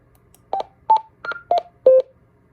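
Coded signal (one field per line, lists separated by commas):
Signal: roger beep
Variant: Close Encounters five-tone melody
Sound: five quick electronic tones playing the Close Encounters motif, the last tone held longer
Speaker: Change it to 280, and then we'll play it again, see what it sounds like.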